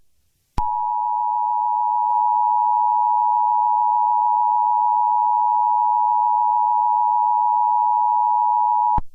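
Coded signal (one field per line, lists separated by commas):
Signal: Emergency Alert System (SAME) tones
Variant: 853 and 960 Hz attention tone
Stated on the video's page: Fictional EAS scenario.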